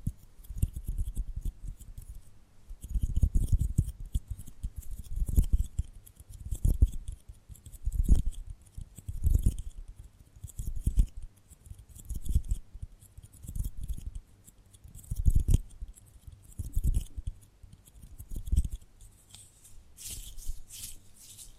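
Tapping and gripping sounds come in a loose, fairly regular rhythm of soft low thumps, roughly one every second, with faint crisp rustles and squeezes between them. The handling is close and quiet in a small room, with brighter scraping near the end.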